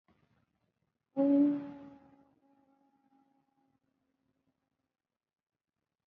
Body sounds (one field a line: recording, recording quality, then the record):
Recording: sustained vowel as in boot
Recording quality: poor, much background noise or distortion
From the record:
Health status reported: COVID-19 positive, moderate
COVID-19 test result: positive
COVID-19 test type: RT-PCR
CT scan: not taken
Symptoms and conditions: cough, cold, sore throat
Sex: female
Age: 23 years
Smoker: no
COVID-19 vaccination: one dose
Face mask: worn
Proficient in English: yes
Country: India